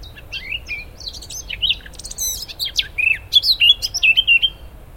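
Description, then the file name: Eurasian blackcap song, a fast scratchy warble that breaks into loud, clear fluted whistles in the second half, over a faint low rumble. "Sylvia atricapilla"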